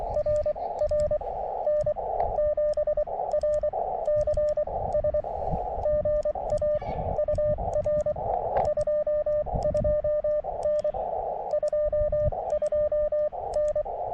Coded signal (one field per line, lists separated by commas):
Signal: Morse code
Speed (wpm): 24 wpm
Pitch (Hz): 600 Hz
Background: radio noise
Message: RR N7RCS GA UR 22N 22N